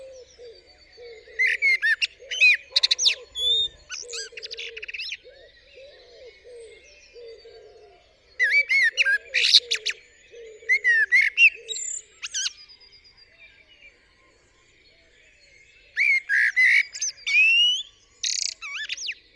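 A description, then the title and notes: A blackbird sings on a still morning, delivering bursts of rich, fluting phrases ending in high, squeaky twitters, around 1.5–4, 8.5–12.5 and 16–19 seconds. Between phrases, low, soft warbling runs steadily, and the quiet background is otherwise empty. Blackbird On A Still Morning. Around 7am. A Blackbird singing on the roof of my studio. Recorded using a parabolic dish with MKH50 & MKH 30 microphones in M/S to a Sonosax R4+ recorder.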